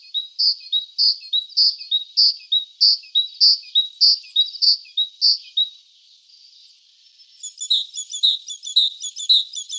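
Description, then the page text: Great tit song of ringing two-note phrases repeated roughly every half second for several seconds, then a burst of mixed chattering notes over faint hiss. "Большая синица - Синица"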